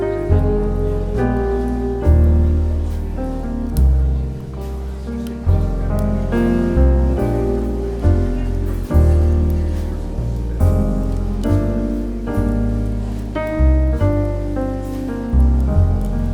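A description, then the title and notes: Smooth jazz plays steadily, with a walking low bass line and mellow piano chords shifting every couple of seconds, plus faint soft crackle underneath. Coffee Shop Bookstore Ambience with Relaxing Smooth Jazz Music and Crackling Fireplace. Coffee Shop Bookstore Ambiance.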